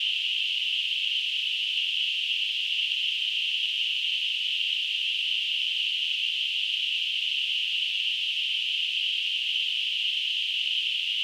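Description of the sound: A steady, unbroken high-pitched hiss centred around 3 kHz continues unchanged for about 11 seconds, with no low sounds. It is a simulated example of tinnitus, the ringing or hissing some people hear without any outside sound.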